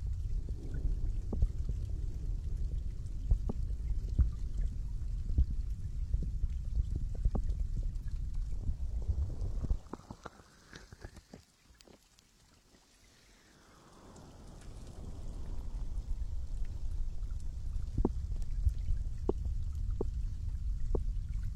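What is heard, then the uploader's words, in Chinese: A deep-sea dive: a dense, low churning rumble of water fills the first ten seconds, scattered with sharp clicks and pops. Around ten seconds it falls to a muffled near-silence with a faint rising then falling tone before the rumble swells back. 舒缓催眠潜入深海 深海捂耳。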